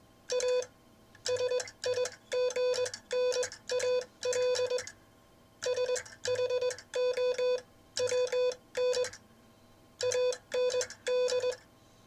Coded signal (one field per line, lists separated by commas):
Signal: Morse code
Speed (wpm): 21 wpm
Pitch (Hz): 500 Hz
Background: none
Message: A SIGNAL SHOWN AND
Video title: Ships That Pass #Morse code #Vibroplex